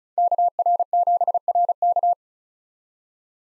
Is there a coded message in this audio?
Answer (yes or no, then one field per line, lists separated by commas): yes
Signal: Morse code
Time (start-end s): 0.2-2.1 s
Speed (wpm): 34 wpm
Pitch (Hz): 700 Hz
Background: none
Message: KR7RK